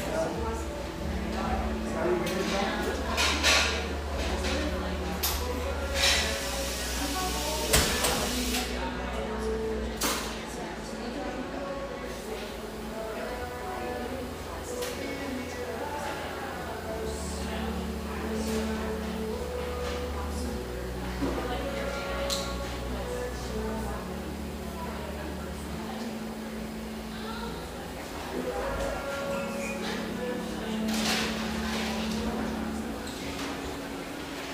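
An espresso shop in Portland, Oregon, with steady overlapping chatter, occasional clinks of dishes and cutlery, and a low humming drone throughout.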